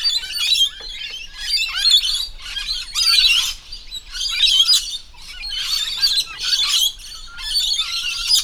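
Lorikeets calling in a noisy group, grating high screeches in uneven bursts with short pauses, several birds overlapping.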